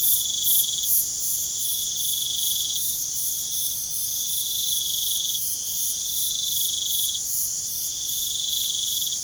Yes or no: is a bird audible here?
no